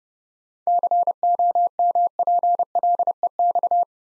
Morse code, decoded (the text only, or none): COMPLEX